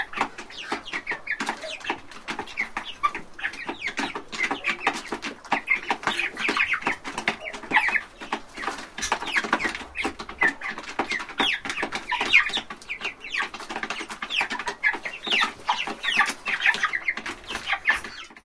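Chickens cluck and chirp nonstop in a large chicken house, a dense overlapping chatter of short bright calls. Sharp pecks and clicks from birds eating at a trough run through it, while the level stays fairly even and busy from start to finish.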